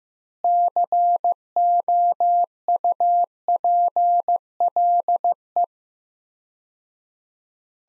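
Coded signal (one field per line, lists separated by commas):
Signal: Morse code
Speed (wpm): 15 wpm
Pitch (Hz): 700 Hz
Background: none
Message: COUPLE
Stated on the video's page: Practice sets of four words at 15 wpm with 4x word spacing, Farnsworth-like; each sent in Morse, spoken, then sent again.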